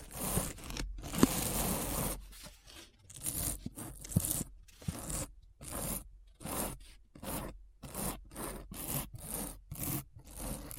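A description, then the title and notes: Deep brain scratch: rough, tearing scrapes in bursts, dense at first, then separate strokes about twice a second, with sharp gaps between. ASMR Deep Brain Scratch (No Talking).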